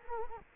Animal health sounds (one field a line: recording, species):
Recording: mosquito wingbeat signal from an infrared sensor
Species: Culex quinquefasciatus